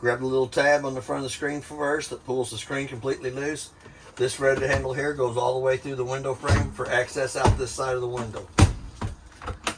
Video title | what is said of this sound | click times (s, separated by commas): Virtual Walkthrough of the 2018 Starcraft Autumn Ridge 291BHU Bunkhouse at Parkland RV Center | Comes back up, locks into place. | 9.7 s